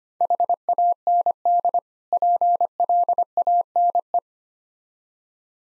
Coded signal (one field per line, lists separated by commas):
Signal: Morse code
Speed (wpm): 25 wpm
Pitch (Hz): 700 Hz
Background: none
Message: HAND PLANE